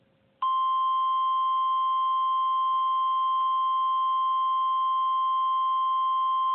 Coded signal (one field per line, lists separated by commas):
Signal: Emergency Alert System (SAME) tones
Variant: 1050 Hz attention tone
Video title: EAS Scenario- Supervillain Catastrophe Part 3: Animal Fight of Doom